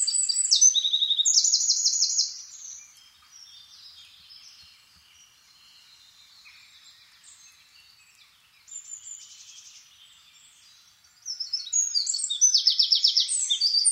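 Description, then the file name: Eurasian wren song, a loud burst of high, rattling trills at the start, then faint quiet notes, then another loud trilling burst near the end. "Troglodytes troglodytes"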